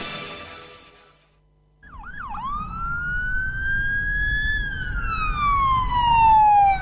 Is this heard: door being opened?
no